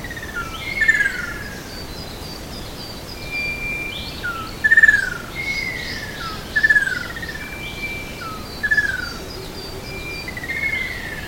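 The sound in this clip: Bird giving repeated thin, descending whistled notes over a constant background hiss.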